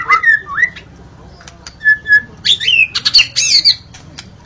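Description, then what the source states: White-rumped shama song: a few loud, rising and falling whistled phrases with short pauses between them, then a burst of rich, jumbled notes. Wild forest bird; original natural song.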